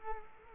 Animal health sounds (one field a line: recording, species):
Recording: mosquito wingbeat signal from an infrared sensor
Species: Culex quinquefasciatus